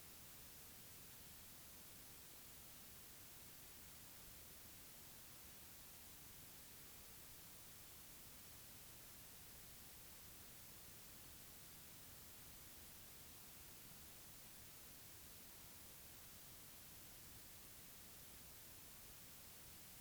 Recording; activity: daily activity, guitar pickup as the sensor; lie down